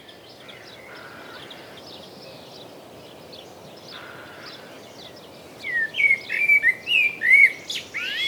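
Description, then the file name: Common blackbird giving a run of quick, looping whistled notes near the end after a quiet stretch with faint chirps. "Turdus merula"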